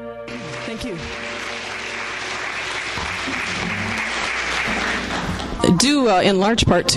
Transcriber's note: applause